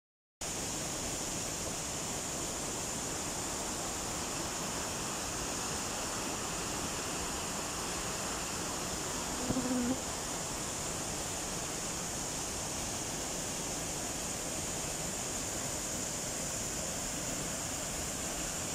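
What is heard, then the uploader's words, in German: A waterfall at the Timmelbach roars in a steady, dense rush that holds unchanged for the whole clip, with a bright hiss riding over the low churn. Around ten seconds a brief low thump or knock stands out slightly above the constant flow. Wasserfall beim Timmelbach. Diese Videosequenz wurde in Österreich, Prägraten am Großvenediger.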